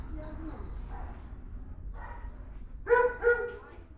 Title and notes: Altenessen - Süd, Essen, Deutschland - essen, albert schweitzer tierheim, dogs. Im Albert Schweitzer Tierheim in der Hunde Abteilung. Die Klänge von Hundegebell als ein Tier vom "Gassi"- Gehen zurück kehrt. Projekt - Stadtklang//: Hörorte